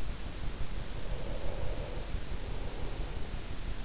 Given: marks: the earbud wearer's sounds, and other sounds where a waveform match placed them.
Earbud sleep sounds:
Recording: sounds in sleep by an in-ear microphone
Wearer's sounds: breath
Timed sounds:
0.98-3.81 s: breath

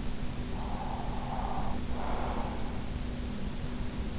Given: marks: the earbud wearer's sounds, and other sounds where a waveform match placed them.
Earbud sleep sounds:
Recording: sounds in sleep by an in-ear microphone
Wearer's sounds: breath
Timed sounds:
0.45-3.23 s: breath

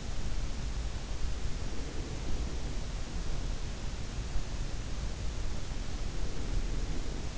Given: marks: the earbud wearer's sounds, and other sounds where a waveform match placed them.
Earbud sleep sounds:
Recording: sounds in sleep by an in-ear microphone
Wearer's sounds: breath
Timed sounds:
1.52-2.84 s: breath
6.01-7.37 s: breath

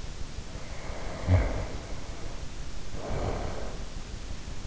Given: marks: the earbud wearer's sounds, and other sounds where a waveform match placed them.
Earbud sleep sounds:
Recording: sounds in sleep by an in-ear microphone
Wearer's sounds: snoring breath, breath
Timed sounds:
0.59-2.38 s: snoring breath
2.77-4.07 s: breath

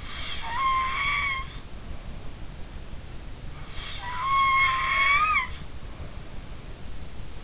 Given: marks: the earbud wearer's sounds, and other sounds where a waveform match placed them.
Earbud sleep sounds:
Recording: sounds in sleep by an in-ear microphone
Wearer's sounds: snoring breath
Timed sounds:
0.00-1.46 s: snoring breath
3.81-5.53 s: snoring breath

